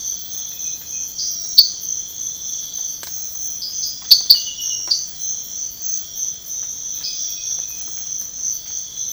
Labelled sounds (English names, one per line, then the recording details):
none
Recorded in pastures near Puerto Asís, Putumayo, Colombia, on 12 March 2025 at 05:30
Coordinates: 0.502, -76.324
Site GP07